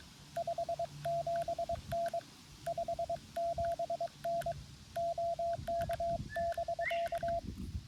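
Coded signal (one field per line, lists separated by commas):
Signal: Morse code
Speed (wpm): 22 wpm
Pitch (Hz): 680 Hz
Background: radio noise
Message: 57N 57N OK<BK>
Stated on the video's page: Morse code POTA activation from a wildlife management area, calling CQ on a Xiegu G90 with an end-fed 40-10m antenna.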